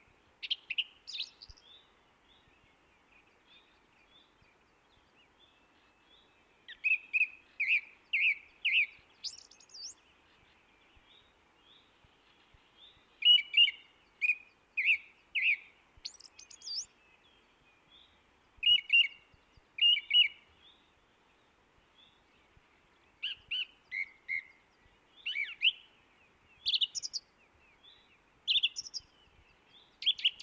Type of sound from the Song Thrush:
song